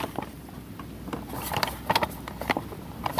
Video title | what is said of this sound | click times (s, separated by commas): TOBOR THE GREAT MEETS ROCK 'EM SOCK 'EM ROBOT RETRO MOVIE NIGHT MARATHON | It doesn't snap in. Nothing snaps in. | none